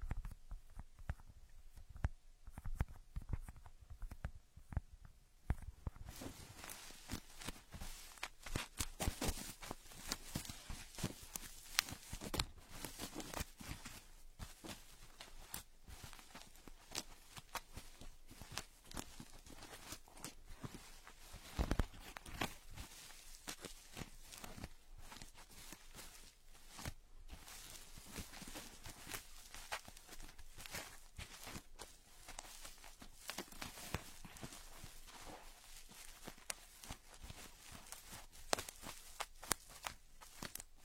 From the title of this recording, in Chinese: 抠耳朵